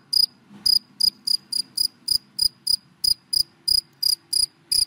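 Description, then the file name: Cricket chirps, sharp high pulses repeated about three times a second, steady and even, over a quiet low hum. Crickets calling, given by the Vietnamese names dế mèn, dế cơm and dế than. "Tieng de men de com de than keu"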